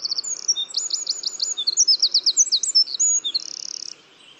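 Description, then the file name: Eurasian wren singing a fast, high, tinkling stream of notes with rattling trills, ending in a buzzy trill before falling silent. "Troglodytes troglodytes"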